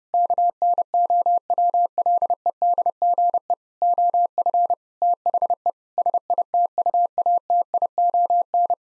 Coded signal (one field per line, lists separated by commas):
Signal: Morse code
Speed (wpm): 30 wpm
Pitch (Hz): 700 Hz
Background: none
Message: KNOWLEDGE OF THE SITUATION